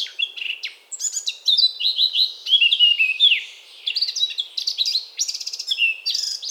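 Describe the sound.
Eurasian blackcap song: a rich, hurried warble of chattering and clear fluted notes, sliding up and down, with no other sounds.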